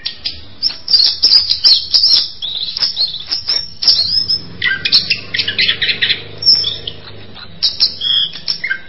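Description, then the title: Bird song of high twittering chirps and short trills, with a steady low hum running underneath through most of the recording. "kikicau"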